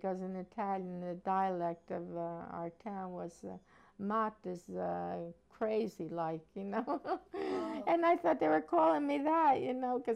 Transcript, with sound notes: Because in Italian the dialect of our town was "mot" is crazy, like, you know? ( she laughs )
Oh.
And I thought they were calling me that, you know?